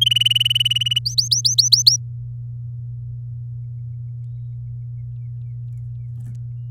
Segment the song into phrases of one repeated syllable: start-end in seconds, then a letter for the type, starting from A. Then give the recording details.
0.01-0.99 A, 1.05-1.96 B. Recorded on 11 May 2018 at 10:17. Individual llb16